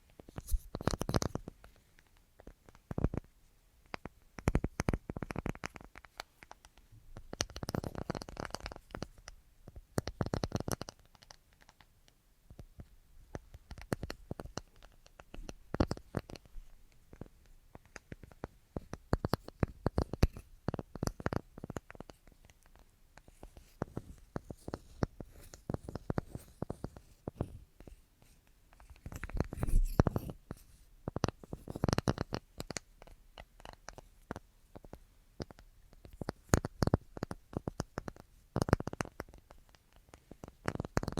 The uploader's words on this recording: ASMR Tingliest Tapping Assortment for Sleep (No Talking).